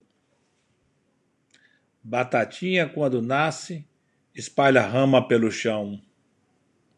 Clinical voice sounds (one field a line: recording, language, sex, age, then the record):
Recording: short text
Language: Brazilian Portuguese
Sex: male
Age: 60 to 69 years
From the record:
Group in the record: control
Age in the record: 69 years